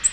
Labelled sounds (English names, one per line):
Nashville Warbler flight call